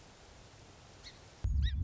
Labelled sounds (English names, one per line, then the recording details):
Song Sparrow
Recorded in Sonoma County, California